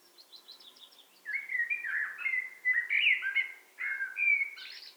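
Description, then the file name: Eurasian blackbird song: a run of soft, high, thin notes, then low, mellow, fluting warbled phrases that rise and fall, ending in a brief high squeaky flourish. "Turdus merula"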